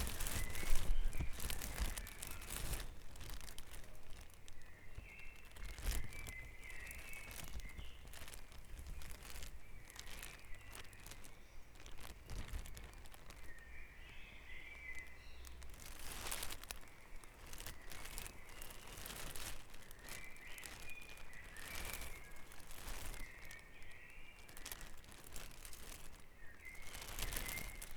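A dawn chorus of birds chirps and warbles steadily throughout, with busy twittering calls clustered in a high, bright band. Frequent sharp rustling and crackling bursts come especially around 6, 16 and 27 seconds, over a faint low outdoor rumble.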